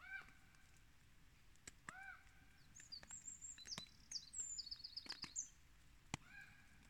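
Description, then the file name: Bird sounds: harmonic calls open and close the passage, with a busy high twittering song of quick chirps and trills in between, plus sharp clicks. Unidentified bird recorded at Store Fidlingen; submitted as a question asking which bird it is. "hvilken fugl store fidlingen"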